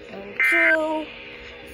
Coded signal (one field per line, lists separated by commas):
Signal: Emergency Alert System (SAME) tones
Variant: end-of-message bursts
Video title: SVR ON 2 STATIONS (REAL EAS#1012-1013)